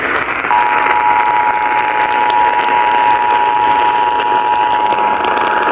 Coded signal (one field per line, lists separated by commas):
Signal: Emergency Alert System (SAME) tones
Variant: 853 and 960 Hz attention tone